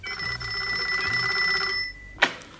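A telephone rings with one sustained, bright trilling burst that stops abruptly, followed by a sharp click like a receiver being picked up. No one speaks.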